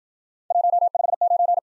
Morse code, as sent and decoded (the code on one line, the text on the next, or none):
.---- ..... ----.
159